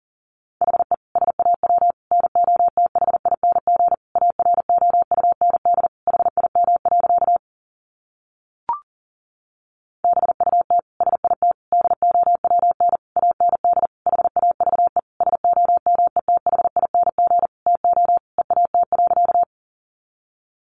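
Morse code is sent as a single steady tone, around 700 Hz, keyed in rapid bursts of dots and dashes. The keying runs from the start to about seven seconds, pauses with one brief click near nine seconds, then resumes until about nineteen seconds.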